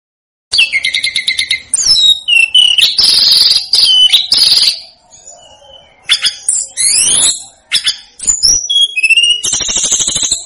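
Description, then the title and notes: Flycatcher singing a long busy phrase of chattering trills and buzzy high notes, a brief lull, then more fast whistled and rattling elements. Used for training cage birds. "Masteran Tledekan Gunung Sikatan Gunung. burung tledekan"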